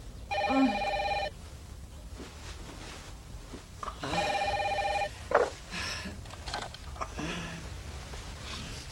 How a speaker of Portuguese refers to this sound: Telefone.